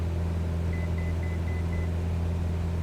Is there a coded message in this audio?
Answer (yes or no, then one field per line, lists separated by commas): no